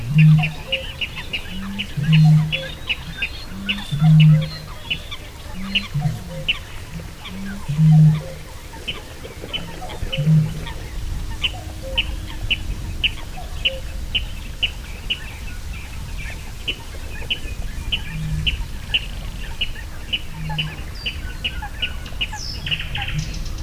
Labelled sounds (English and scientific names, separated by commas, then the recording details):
Water Rail (Rallus aquaticus)
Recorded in the wild
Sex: male
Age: adult
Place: Kützerhof, Kummerower See, Mecklenburg-Vorpommern, DE
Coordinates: 53.8411, 12.875
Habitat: wetland
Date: 2008-05-13 21:55
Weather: heiter, 10°C, schwacher Wind
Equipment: Sound Devices 702, Sennheiser MKH 70, Windkorb
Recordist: Frommolt, Karl-Heinz